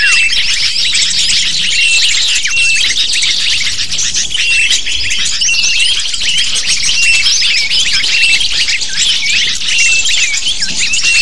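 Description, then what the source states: Lovebirds chattering in a dense flock, a constant stream of high, sharp chirps and squeaks overlapping without pause. Lure sound used to attract lovebirds.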